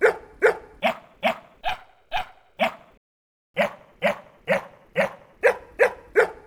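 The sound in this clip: Dog barking in a steady series of sharp, mid-pitched barks, about fourteen in all, with a silent gap from about three to three and a half seconds before the barking resumes.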